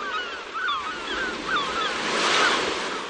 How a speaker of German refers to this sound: Ich habe mal kurz zum Strand rüber geschaltet und eine kleine Meeresbrise bestellt. Die kommt hier gerade zum Fenster reingeweht.